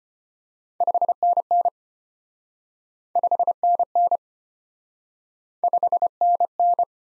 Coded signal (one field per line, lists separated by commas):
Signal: Morse code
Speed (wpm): 29 wpm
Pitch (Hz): 700 Hz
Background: none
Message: 5NN 5NN 5NN